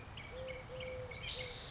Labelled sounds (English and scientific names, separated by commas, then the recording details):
Eurasian Collared Dove (Streptopelia decaocto)
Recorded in Sonoma County, California